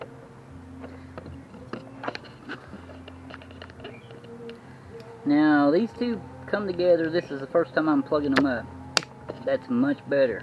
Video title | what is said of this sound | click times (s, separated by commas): E Vader gets a REAL charger | Um, the gray one won't snap. You got to jam it together. | none